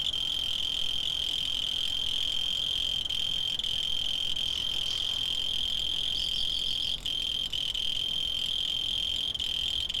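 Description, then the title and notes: Cricket giving an unbroken high trill at a constant pitch, with a brief faint higher chirping sound partway through. Field recordings made in Tavira, Tangier, Lima and Bhubaneswar. "Grillo. grabaciones hechas en tavira, tangier, lima, bhubanshwar"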